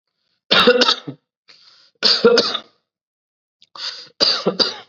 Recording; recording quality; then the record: heavy voluntary cough; excellent, no background noise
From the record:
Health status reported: COVID-19 positive, mild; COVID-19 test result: positive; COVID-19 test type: rapid antigen test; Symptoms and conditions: cough, fever, muscle pain, diarrhoea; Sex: male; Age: 27 years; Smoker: no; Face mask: not worn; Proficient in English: yes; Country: India